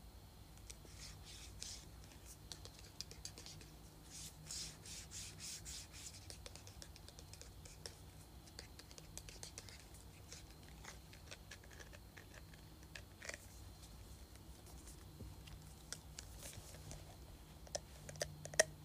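A perfume bottle is handled with soft scratching and rubbing, a steady papery friction running through the whole stretch. Light tapping clicks come scattered throughout, thickening around five and thirteen seconds, with a sharper tap near the end over a low constant hum.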